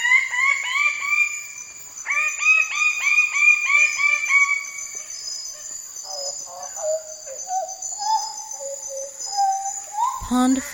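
Greater bird-of-paradise, rapid repeated clear notes in quick rhythmic runs, then lower flat notes, against a constant shrill insect background.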